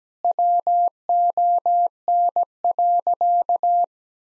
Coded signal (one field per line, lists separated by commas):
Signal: Morse code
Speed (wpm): 17 wpm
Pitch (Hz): 700 Hz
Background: none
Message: WON.